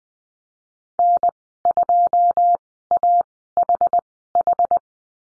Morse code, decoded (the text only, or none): N2AHH